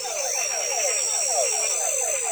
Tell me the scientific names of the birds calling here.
none